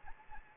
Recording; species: mosquito wingbeat signal from an infrared sensor; Anopheles arabiensis